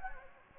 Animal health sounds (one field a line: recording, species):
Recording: mosquito wingbeat signal from an infrared sensor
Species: Anopheles gambiae